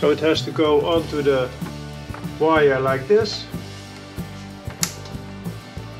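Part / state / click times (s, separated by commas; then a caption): clip-on current sensor onto a power cable / seated / 4.8 s. Someone talks over background music while fitting a clip-on DC current sensor around a charging cable, with its direction arrow facing up. A sharp click at 4.8 s marks the sensor snapping shut, and it is seated on the wire.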